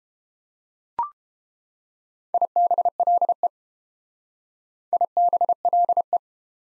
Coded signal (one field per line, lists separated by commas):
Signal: Morse code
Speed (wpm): 29 wpm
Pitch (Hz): 700 Hz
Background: none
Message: IBLE IBLE